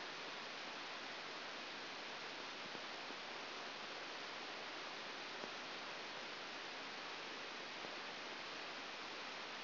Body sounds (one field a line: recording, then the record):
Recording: brain microelectrode recording played as sound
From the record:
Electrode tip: outside the subthalamic nucleus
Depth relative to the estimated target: -4 mm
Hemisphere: right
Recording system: AlphaMap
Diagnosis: Parkinson's disease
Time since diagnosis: 7 years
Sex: female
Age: 49 years